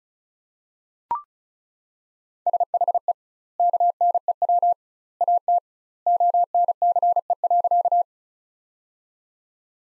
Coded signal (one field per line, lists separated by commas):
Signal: Morse code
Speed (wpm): 34 wpm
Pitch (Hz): 700 Hz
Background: none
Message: SHE KNEW AT ONCE.